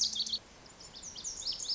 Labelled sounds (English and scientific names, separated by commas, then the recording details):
Lazuli Bunting (Passerina amoena)
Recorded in Sonoma County, California